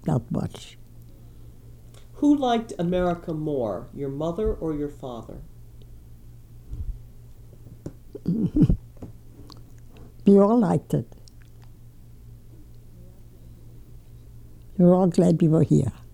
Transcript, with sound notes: Not much.
Who liked America more, your mother or your father?
( she laughs ) We all liked it. We were all glad we were here.